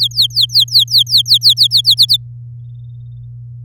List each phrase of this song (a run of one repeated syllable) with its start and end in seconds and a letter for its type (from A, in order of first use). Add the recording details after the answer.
0.01-1.95 A, 1.97-2.17 B. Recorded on 11 May 2018 at 08:53. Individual llb16